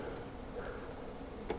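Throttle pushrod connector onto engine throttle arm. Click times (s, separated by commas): 1.5 s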